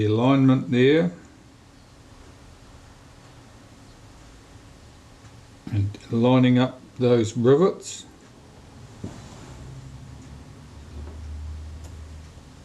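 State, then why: Not seated. A metal shutter blade of a Kodak Retina II type 122 camera shutter is lined up over its rivet pivots during a repair, before being pressed down to seat. Someone talks in short bursts with quiet handling rustles in between and a faint low hum near the end. Nothing has seated or clicked yet.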